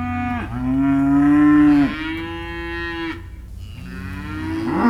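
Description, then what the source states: Cows mooing in overlapping, drawn-out calls, a long steady moo over the first two seconds followed by further moos, some rising at the end. Cows and calves, several animals, described as disconsolate; recorded in December.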